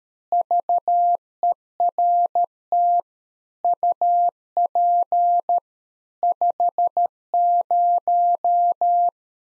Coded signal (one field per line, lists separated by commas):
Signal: Morse code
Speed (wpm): 13 wpm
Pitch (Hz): 700 Hz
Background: none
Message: VERT UP 50